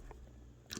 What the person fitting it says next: This base just snaps into place really nicely.